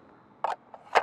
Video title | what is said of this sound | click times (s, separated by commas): S7 Initial Emplacement and Setup - Trimble S-Series Theodolite | and like so pops into place | 0.4 s